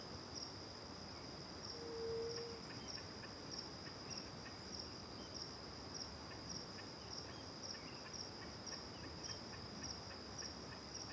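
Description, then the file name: Cricket calling, a high steady ringing trill with regular pulses, a brief low note early on, and soft rapid ticking. One cricket near and other crickets far, recorded with back to the river at Terra Ronca; AB stereo recording. "Grilo perto e outros grilos longe de costas para o rio em terra ronca, varios passaros, vaca longe, gravacao em ab"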